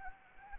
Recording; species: mosquito wingbeat signal from an infrared sensor; Anopheles arabiensis